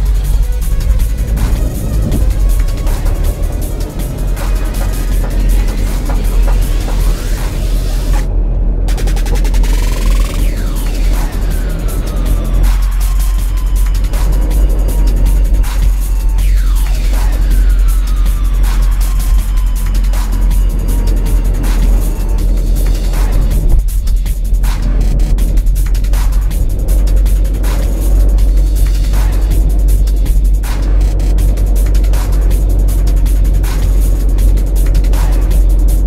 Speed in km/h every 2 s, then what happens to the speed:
16, 21, 24, 24, 24, 23, 24, 26, 26, 24, 23, 23, 24, 24, 26, 26, 26, 27.
0-3 speeds up to 24. 3-36 steady at about 24.